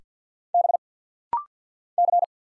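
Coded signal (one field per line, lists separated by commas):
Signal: Morse code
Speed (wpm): 50 wpm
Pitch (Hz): 700 Hz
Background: none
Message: B C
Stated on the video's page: Rapid-fire 50 wpm Morse practice drill of single letters and numbers, each character sent twice for head-copy.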